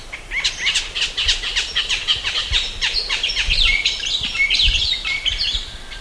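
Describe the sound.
Bird calls, dense short chirps and twittering notes with some brief whistled slurs, continuous throughout over a low background rumble.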